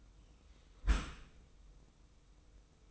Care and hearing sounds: daily activity, microphone in the room; close dishwasher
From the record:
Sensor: 1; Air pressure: 990.5 hPa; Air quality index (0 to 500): 180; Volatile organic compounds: 1000 ppm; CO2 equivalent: 6632 ppm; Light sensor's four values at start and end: 25/59/25/27 and 25/59/25/27

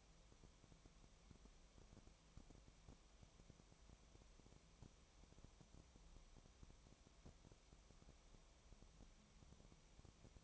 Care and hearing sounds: daily activity, microphone in the room; no activity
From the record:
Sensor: 1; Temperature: 19.4 degrees Celsius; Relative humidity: 35.7%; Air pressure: 1003.3 hPa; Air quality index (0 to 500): 113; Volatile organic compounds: 2 ppm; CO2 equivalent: 1260 ppm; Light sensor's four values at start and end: 1/2/1/1 and 1/2/1/1

